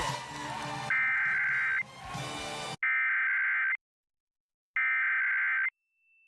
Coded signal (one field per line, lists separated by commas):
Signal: Emergency Alert System (SAME) tones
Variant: header bursts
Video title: San Diego County Required Monthly Test (EAS #1180-1183) 9/6/23